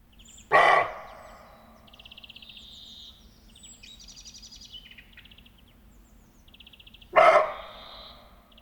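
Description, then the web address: Roe deer alarm barks: two harsh, hoarse barks about six and a half seconds apart, with small birds chirping and trilling softly between them. Alarm (fright) call. "Hirsche Reh Schrecken"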